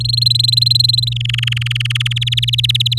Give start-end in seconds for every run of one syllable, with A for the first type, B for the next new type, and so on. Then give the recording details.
0.00-1.09 A, 1.12-2.13 B, 2.16-2.99 C. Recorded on 8 May 2018 at 19:43. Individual llb16